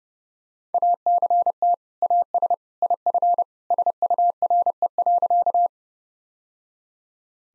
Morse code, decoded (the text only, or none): ACT AS IF SURE.